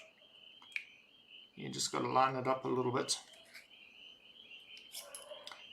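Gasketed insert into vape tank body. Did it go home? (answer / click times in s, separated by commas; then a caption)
yes / 5.5 s. A vape tank's internal part with a side gasket is lined up and pushed into the tank body while someone talks. It pops into place with a pair of small clicks at 5.5 s and 5.5 s, seating the gasketed insert in the tank.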